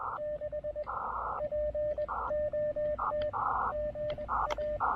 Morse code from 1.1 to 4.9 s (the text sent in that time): POT GA